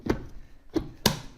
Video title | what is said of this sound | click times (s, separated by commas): Kenmore SpotLite Go: Cordless Carpet Cleaner Unboxing! | and then it just locks into place and then to charge the battery you do have to pull it out | 1.1 s